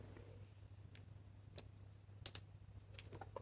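A surgical headlamp's lamp arm is moved back up and clicks into its locked top position on its plastic hinge. A sharp click at 2.3 s marks the lock seating, set against a steady low hum, and smaller ticks come before and after it.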